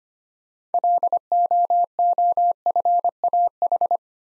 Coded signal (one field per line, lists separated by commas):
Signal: Morse code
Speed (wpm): 25 wpm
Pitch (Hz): 700 Hz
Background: none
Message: LOOFAH